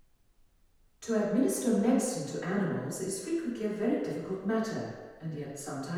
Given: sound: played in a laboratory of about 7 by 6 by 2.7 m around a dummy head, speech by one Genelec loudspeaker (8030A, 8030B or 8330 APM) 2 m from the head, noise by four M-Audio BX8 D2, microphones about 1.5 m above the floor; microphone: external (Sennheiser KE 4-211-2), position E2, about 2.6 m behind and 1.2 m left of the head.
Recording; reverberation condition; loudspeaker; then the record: female speech in English; high; 60 degrees to the right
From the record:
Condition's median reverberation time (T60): about 1300 ms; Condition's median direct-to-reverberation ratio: about -4.0 dB